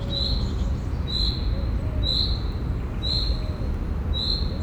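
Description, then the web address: Field cricket chirping, short high pulsed chirps repeated about once a second, five chirps, over a steady low rumble of traffic. At a zoo in Szeged, Hungary, in 2011, with distant traffic noise. "allathangok szegedizoo 2011 mezeitucsok tucsok estavoliforgalomzaj"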